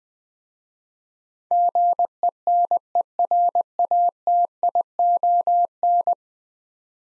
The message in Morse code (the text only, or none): GENERATION